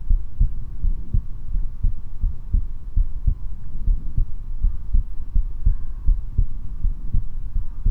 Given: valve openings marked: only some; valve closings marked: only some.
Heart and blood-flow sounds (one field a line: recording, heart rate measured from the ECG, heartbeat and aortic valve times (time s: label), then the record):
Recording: heart sounds by stethoscope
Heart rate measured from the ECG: 81 bpm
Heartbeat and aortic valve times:
0.12 s: heartbeat (ECG mark)
0.44 s: aortic valve closes (echo mark)
0.86 s: heartbeat (ECG mark)
0.90 s: aortic valve opens (echo mark)
1.56 s: heartbeat (ECG mark)
2.25 s: heartbeat (ECG mark)
2.29 s: aortic valve opens (echo mark)
2.57 s: aortic valve closes (echo mark)
2.99 s: heartbeat (ECG mark)
3.02 s: aortic valve opens (echo mark)
3.30 s: aortic valve closes (echo mark)
3.89 s: heartbeat (ECG mark)
3.93 s: aortic valve opens (echo mark)
4.66 s: heartbeat (ECG mark)
5.37 s: heartbeat (ECG mark)
5.41 s: aortic valve opens (echo mark)
5.69 s: aortic valve closes (echo mark)
6.10 s: heartbeat (ECG mark)
6.13 s: aortic valve opens (echo mark)
6.41 s: aortic valve closes (echo mark)
6.86 s: heartbeat (ECG mark)
7.57 s: heartbeat (ECG mark)
From the record:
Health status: healthy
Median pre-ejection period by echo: 28 ms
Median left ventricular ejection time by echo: 278 ms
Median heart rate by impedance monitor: 79 bpm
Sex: male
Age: 19 years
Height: 171 cm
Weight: 62 kg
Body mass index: 21.20